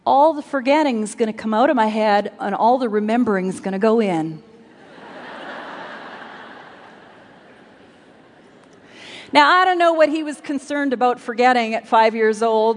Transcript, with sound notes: all the forgetting’s going to come out of my head and all the remembering’s going to go in.” (laughter) Now, I don’t know what he was concerned about forgetting at five years old...